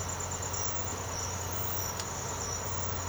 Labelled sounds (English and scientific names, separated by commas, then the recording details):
none
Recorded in secondary vegetation near Puerto Asís, Putumayo, Colombia, on 19 March 2025 at 06:00
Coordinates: 0.468, -76.324
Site G059